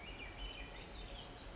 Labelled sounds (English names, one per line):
Swainson's Thrush